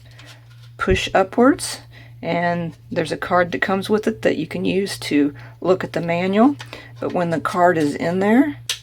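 Someone talks while a card is handled and pressed upward toward the front slot of a Flipside 5 aluminum card wallet, with faint light handling sounds beneath the speech. The clip ends before the card snaps in, so nothing has seated or clicked yet.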